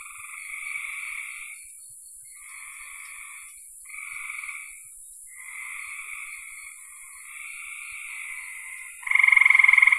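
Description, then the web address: Frog calls: soft droning notes in succession, ending with a sudden loud rattling pulsed trill. "cn frogs"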